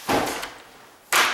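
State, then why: Not seated. A deadbolt in a door is operated so the bolt slides out but does not reach full extension, heard as two broad rasping bursts of metal movement, one from about 0.1 to 0.4 s and another starting at 1.1 s. Nothing has clicked, so the bolt is not fully out and the deadbolt is not protecting the door.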